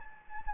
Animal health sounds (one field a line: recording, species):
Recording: mosquito wingbeat signal from an infrared sensor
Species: Anopheles gambiae